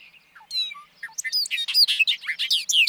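Bobolink song: a few thin whistles lead into a tumbling stream of tinkling, bouncy notes.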